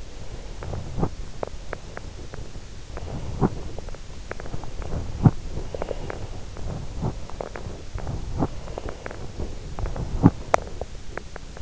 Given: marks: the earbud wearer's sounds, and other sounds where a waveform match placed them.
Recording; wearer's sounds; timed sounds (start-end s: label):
sounds in sleep by an in-ear microphone; breath, body movement, teeth grinding
0.00-0.85 s: breath
0.51-8.56 s: body movement
2.86-4.07 s: breath
2.92-4.27 s: teeth grinding
4.27-5.18 s: breath
5.18-5.36 s: teeth grinding
5.47-6.48 s: breath
6.48-7.35 s: teeth grinding
8.61-11.62 s: teeth grinding